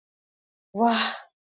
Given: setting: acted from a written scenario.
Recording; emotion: vocal sound without words; awe